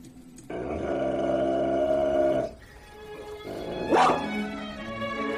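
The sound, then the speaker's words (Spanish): Dogs growl in a long, low, rumbling stretch, then after a brief dip one gives a sharp, loud bark before lower growling resumes. No voices are heard. “Los perros de Pavlov.”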